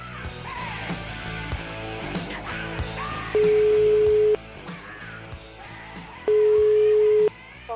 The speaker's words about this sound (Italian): La telefonatina la facciamo, dai, fatemi squillare il telefono di questo Bau Bau.